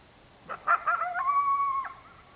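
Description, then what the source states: Coyote giving a few short yips that run into a long, steady howl, over a quiet background. Coyote calling at night.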